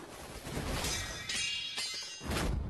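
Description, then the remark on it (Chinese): Li Bai's metal sword and Qiu Yuntian's silver-bone whip clash in a loud, harsh flurry, with three bright crashing impacts that leave a shimmering metallic ring trailing between them. No voices are heard. “所以这鞭和这剑碰在了一起，嘡嘡啷啷啷啷啷啷扔，这宝剑给震飞了。”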